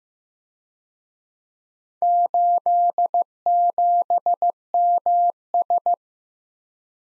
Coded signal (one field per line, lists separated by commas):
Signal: Morse code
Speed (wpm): 18 wpm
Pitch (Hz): 700 Hz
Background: none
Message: 87MS